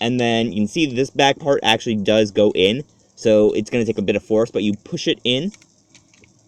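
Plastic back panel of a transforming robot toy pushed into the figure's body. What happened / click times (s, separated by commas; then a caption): Handled, not yet home: the plastic panel has not clicked into place / none. Someone talks while pushing the plastic back panel of a transforming car/robot toy into the figure's body with some force. A few faint, brief taps come near the end, at 6.0, 6.1 and 6.2 seconds. The panel has not clicked or seated yet.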